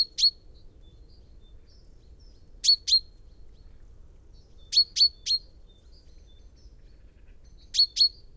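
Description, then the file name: Common chaffinch calling with crisp high clicks, mostly paired or tripled, spaced a few seconds apart in near silence. "Fringilla coelebs"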